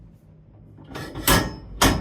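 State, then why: Seated. A hinged metal fold-up grab bar beside a toilet is lifted and swung up out of the way for a side transfer from a wheelchair. Its movement builds from about 0.9 s, with a loud knock at 1.3 s and someone briefly talking. At 1.8 s a hammer-like metallic clunk marks the locking mechanism engaging, and the bar is locked in place in its wall-mounted pivot bracket.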